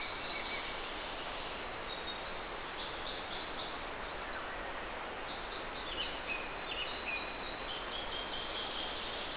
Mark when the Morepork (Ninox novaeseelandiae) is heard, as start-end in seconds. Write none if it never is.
none